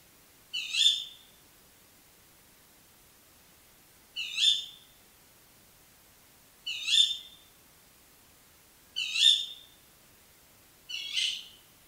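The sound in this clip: Tawny owl giving sharp, high, harmonic calls, five in twelve seconds at irregular spacing, against a quiet background.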